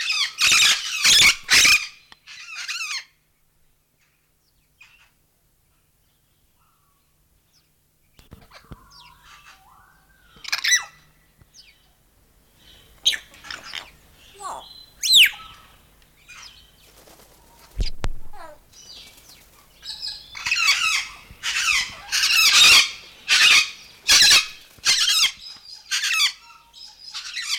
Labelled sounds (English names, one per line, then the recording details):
Grey Parrot
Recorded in captivity
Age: adult
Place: Zoo Leipzig, Sachsen, DE
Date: 1992-01-11
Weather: bedeckt, 0°C
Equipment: Nagra SN, Kopie Tesla B 116
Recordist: Tembrock, Günter